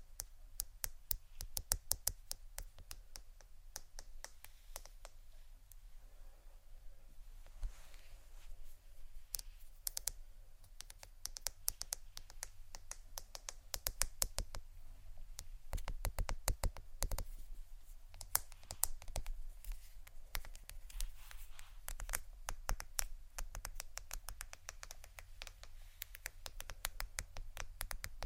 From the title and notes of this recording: ASMR Prisms, Crystals, Diamonds', Quartz (No Talking).